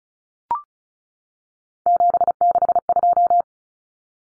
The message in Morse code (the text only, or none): 762